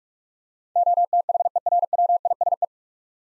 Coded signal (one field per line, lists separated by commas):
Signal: Morse code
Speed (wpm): 42 wpm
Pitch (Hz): 700 Hz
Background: none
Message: OTHERWISE